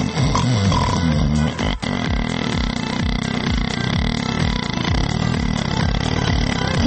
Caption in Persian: انواع خروپوف های انسانی نوع اول ممتد تمام نشدنی. اینجور خروپوف ها اصولا تموم نمیشه. یه دونه خروپوفه. 10 ثانیه طول کشید آدم اصلا نگران میشه نکنه این نفسه که داره میره تو آیا احیانا امیدی هم هست بیاد بیرون.